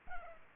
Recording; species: mosquito wingbeat signal from an infrared sensor; Culex pipiens